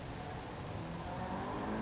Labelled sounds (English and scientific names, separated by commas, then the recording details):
Western Flycatcher (Empidonax difficilis)
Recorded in Sonoma County, California